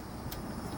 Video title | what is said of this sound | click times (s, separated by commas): Troy-Bilt TB240 Carburetor Replacement Tutorial - | there's the click so it must have had to click on the inside | 0.3 s